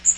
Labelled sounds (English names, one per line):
Magnolia Warbler flight call